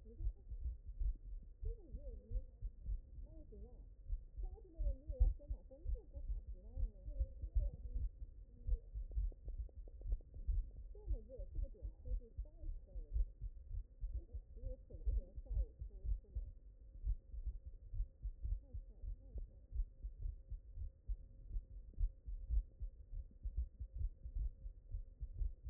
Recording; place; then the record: heart sounds by stethoscope; mitral valve (MV)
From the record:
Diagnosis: non-HFrEF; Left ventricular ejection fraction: 61%